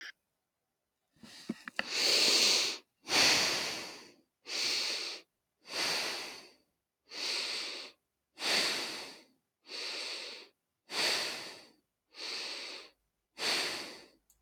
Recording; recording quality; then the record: deep breathing; excellent, no background noise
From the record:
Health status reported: healthy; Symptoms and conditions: hypertension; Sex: female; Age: 28 years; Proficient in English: yes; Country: United States